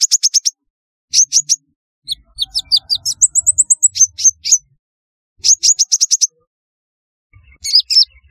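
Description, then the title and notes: Sunbird chirping song: bursts of high, sharp chirps in quick runs, separated by short silences. "Kicau Burung Kolibri"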